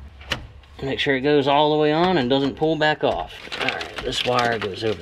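An evap hose connector is popped back onto its fitting on the charcoal emissions canister of a GMC/Chevy, giving one sharp, short click at 0.3 s as it seats. Someone then talks about making sure it is all the way on and won't pull back off.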